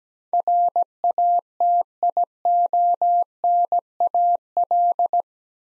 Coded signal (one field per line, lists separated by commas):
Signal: Morse code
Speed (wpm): 17 wpm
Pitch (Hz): 700 Hz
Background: none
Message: RATIONAL